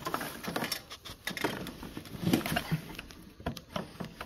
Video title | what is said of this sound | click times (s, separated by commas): Troy Bilt Snowblower Carburetor Replacement | so I'm not even quite there yet there it goes you heard it snap in place | 2.6 s